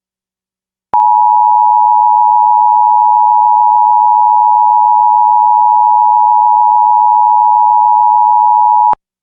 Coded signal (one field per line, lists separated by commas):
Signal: Emergency Alert System (SAME) tones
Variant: 853 and 960 Hz attention tone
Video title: EAS #868: EAS Required Monthly Test- Sep. 5, 2023- 10:15AM PDT